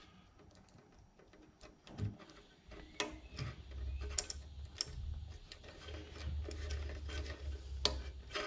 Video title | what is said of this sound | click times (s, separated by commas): Rancilio Silvia Boiler and Wand | You hear them click. | 3.0 s, 4.2 s, 4.8 s, 7.9 s